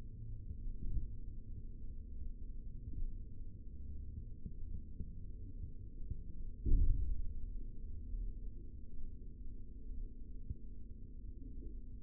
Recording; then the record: forearm muscle sounds (acoustic myography)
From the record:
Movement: rest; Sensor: system 3, bracelet of six PUI Audio POM-2738L microphones around the upper forearm, with dedicated amplification and filtering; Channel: 4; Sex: male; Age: 23 years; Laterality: right